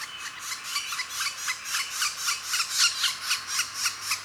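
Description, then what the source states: Northern flicker nestling begging: harsh, raspy pulses repeated about four times per second in a steady, slightly uneven rhythm. Nestling calling while being fed.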